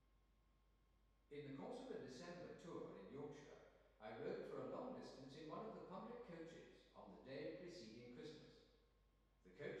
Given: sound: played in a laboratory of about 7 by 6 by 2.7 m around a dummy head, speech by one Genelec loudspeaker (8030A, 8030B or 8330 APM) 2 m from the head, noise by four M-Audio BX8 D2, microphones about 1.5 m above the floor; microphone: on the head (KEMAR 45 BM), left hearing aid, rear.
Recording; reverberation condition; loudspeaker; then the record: male speech in English; high; 90 degrees to the right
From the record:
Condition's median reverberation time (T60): about 1300 ms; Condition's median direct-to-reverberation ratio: about -4.0 dB